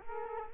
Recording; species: mosquito wingbeat signal from an infrared sensor; Culex quinquefasciatus